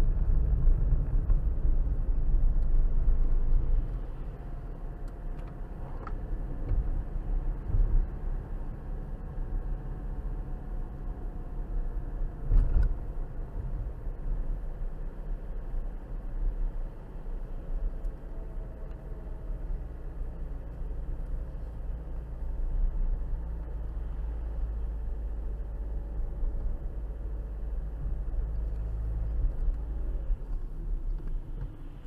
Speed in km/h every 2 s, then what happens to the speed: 40, 44, 47, 48, 48, 47, 45, 45, 44, 40, 40, 39, 39, 37, 39, 27.
0-5 speeds up to 48. 5-32 slows to 27.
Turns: none.